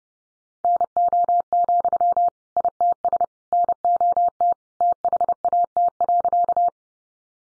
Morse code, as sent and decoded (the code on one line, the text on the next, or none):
-. --- --..-- / .. - ... / -. --- - / - .... .- - .-.-.-
NO, ITS NOT THAT.